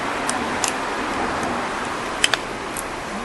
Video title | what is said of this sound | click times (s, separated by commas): 2007-2011 Honda CR-V Door Lock Actuator Replacement | Push it in and you snap that clip over. | 2.2 s, 2.3 s